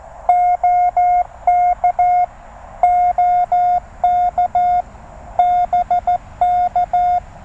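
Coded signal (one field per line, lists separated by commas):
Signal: Morse code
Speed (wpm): 12 wpm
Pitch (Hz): 710 Hz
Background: none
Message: OK OK BK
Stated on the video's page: QRP CW parks-on-the-air activation from a TR-35 in the evening, on multiple bands.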